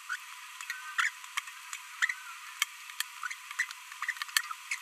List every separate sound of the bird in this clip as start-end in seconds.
0.10-0.16, 0.99-1.08, 3.59-3.64, 4.71-4.75